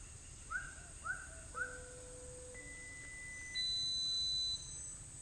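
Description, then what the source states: Bird calls: three quick slurred whistled notes, followed by steady electronic beeps at rising pitches. Recorded in the US on 18 October 2021, around 16:06.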